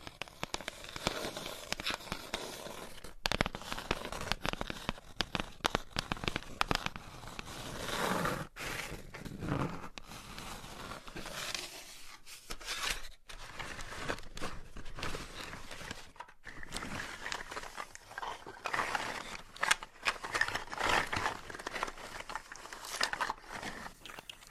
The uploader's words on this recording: ASMR with Pasta Scratching - Tapping - Tracing Asmr No Talking for Sleep with Long Nails.